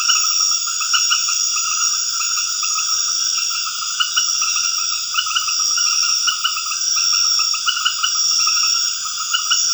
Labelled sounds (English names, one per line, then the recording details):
none
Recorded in dense forest near Puerto Asís, Putumayo, Colombia, on 9 March 2025 at 22:00
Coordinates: 0.481, -76.323
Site G088